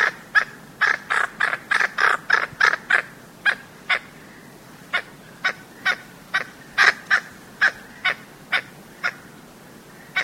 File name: blue banded toucanet